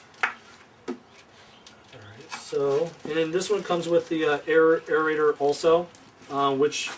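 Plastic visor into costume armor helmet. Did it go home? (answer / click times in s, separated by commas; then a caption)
yes / 0.2 s. A trimmed plastic visor is pressed into a costume armor helmet at its cut tab and locks in place with a sharp snap at 0.2 s, though it is more of a lock-in than a true snap. A fainter tap follows, and then someone talks.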